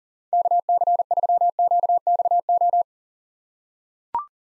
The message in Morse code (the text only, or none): KC3QXO